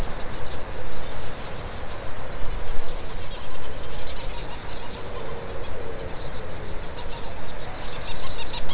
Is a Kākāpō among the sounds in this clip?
no